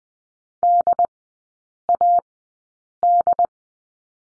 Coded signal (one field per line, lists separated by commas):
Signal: Morse code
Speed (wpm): 20 wpm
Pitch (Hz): 700 Hz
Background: none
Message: DAD